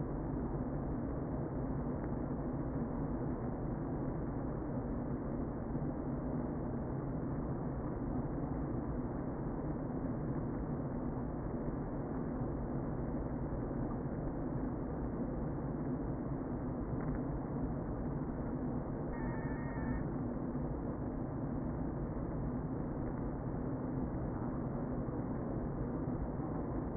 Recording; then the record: honeybee colony, microphone inside the hive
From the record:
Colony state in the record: queen present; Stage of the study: before two queens were removed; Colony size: about 60,000 bees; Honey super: yes